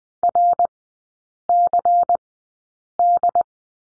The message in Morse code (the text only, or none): RCD